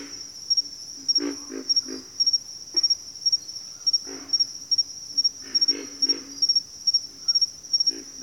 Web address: Echoes of Nature - Bayou 02 Pig Frogs